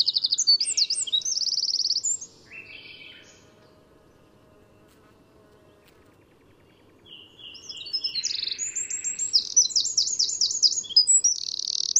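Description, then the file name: Eurasian wren giving two loud song bursts of shrill trills and buzzy rattles, the first ending early and the second starting after a quiet gap of several seconds. "Troglodytes troglodytes"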